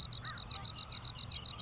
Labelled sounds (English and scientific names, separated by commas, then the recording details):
American Crow (Corvus brachyrhynchos)
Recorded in Sonoma County, California